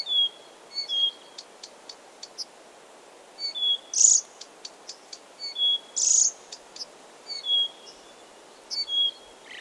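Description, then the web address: Blyth's reed warbler song: short high whistled notes and brief buzzy bursts, each phrase repeated a few times with short pauses between. Recorded 16 June 2022. "fagelljud 20220616 busksangare"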